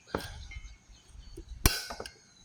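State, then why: Seated. A metal driveline yoke on a Land Pride 72" 3-point mower is pushed onto the gearbox shaft during a slip clutch replacement. A smaller metallic knock comes at 0.2 s with light handling noise after it. The yoke snaps and locks in place with a sharp metallic click at 1.7 s, making a good installation.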